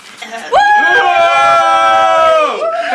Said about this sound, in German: Jubel. Schon wieder? Nein, nochmal.